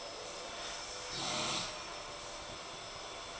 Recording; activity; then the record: daily activity, microphone in the room; vacuum cleaning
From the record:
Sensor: 5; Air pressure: 1000.2 hPa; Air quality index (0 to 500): 118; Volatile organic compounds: 1 ppm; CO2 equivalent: 939 ppm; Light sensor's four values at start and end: 156/368/158/171 and 156/367/157/171